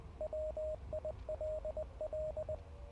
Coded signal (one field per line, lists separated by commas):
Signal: Morse code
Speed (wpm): 20 wpm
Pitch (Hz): 620 Hz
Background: radio noise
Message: WILL